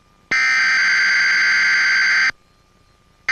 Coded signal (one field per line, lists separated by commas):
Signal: Emergency Alert System (SAME) tones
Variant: header bursts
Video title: EAS Moment Compilation